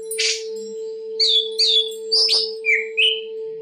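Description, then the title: Oriental magpie-robin song: a burst of buzzy notes, then a string of short whistled chirps and slurs around half a second apart, over a constant low electrical hum. "Kicau Kacer"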